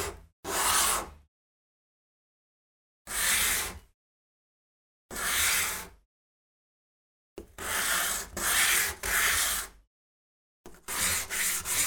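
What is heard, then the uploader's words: Rasping strokes of sanding on wood come in short bursts about every two to three seconds, separated by complete silence. PH - Woodworking, Sanding by Phonophilist.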